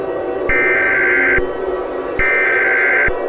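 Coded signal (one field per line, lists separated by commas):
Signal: Emergency Alert System (SAME) tones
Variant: header bursts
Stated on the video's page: Fictional EAS scenario about a gray goo nanotechnology disaster.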